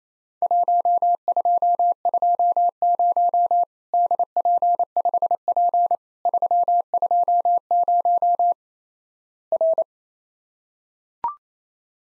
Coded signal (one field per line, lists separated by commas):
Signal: Morse code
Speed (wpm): 28 wpm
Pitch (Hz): 700 Hz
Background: none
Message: 1220 DP5P 320 R